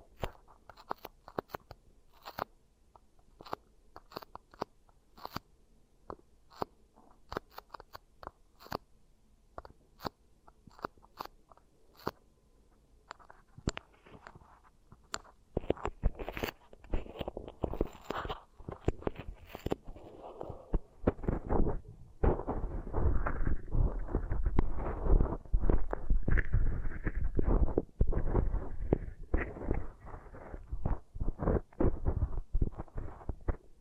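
Beeswax ear triggers: sticky, crackling crunches and squishes arrive in rapid, irregular bursts. The first fifteen seconds are sparse and clicky, then the handling grows denser and louder, with thick rubbing and squelching sounds filling the second half.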